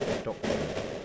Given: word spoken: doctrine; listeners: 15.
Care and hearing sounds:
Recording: one English word in noise, from a listening test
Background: noise modulated by three-talker babble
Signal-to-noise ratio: -7.5 dB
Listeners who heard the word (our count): 2 of 15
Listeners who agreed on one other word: 10 of 15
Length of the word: 0.65 s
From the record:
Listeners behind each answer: 10, 2, 1, 1, 1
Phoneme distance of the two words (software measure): 21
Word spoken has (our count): 2 syllables, 7 phonemes, stress on syllable 1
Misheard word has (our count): 2 syllables, 6 phonemes, stress on syllable 1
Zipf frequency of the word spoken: 3.17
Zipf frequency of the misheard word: 5.02

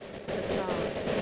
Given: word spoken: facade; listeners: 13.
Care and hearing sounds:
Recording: one English word in noise, from a listening test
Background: noise modulated by three-talker babble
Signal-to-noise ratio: -7.8 dB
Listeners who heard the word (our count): 0 of 13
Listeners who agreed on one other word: 6 of 13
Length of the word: 0.82 s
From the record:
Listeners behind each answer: 6, 2, 1, 1, 1, 1, 1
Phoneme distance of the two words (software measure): 37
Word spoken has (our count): 2 syllables, 5 phonemes, stress on syllable 2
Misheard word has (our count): 2 syllables, 4 phonemes, stress on syllable 2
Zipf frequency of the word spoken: 3.35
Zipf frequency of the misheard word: 4.22

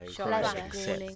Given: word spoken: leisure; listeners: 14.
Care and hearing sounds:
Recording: one English word in noise, from a listening test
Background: four-talker babble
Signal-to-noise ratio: -1.5 dB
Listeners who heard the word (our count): 2 of 14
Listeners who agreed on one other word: 11 of 14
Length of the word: 0.76 s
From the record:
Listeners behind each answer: 11, 2, 1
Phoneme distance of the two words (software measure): 7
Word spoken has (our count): 2 syllables, 4 phonemes, stress on syllable 1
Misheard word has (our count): 2 syllables, 5 phonemes, stress on syllable 1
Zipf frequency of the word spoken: 3.91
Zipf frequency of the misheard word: 4.66

